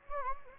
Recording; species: mosquito wingbeat signal from an infrared sensor; Anopheles gambiae